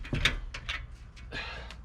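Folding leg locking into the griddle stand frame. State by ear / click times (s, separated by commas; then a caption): seated / 0.3 s. A folding leg of a Blackstone Adventure Ready griddle stand is swung open and locked into the stand frame. A sharp snap at 0.3 s is followed by softer knocks around 0.6 s and 0.7 s and faint ticks near the end. The leg snaps into place and is seated.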